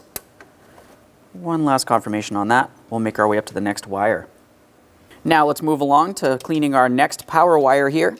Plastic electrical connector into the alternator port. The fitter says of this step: press it in, listen for an audible click, give it a tug. It should not slide out of place. Make sure you lock it in.